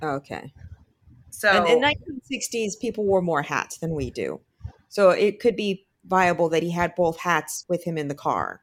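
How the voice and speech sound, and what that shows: Clear, fluent conversational speech from one adult, with ordinary voice quality, normal pauses, and no disfluency.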